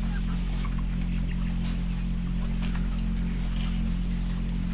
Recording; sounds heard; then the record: poultry house recording; sick chickens (respiratory disease)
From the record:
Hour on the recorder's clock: 5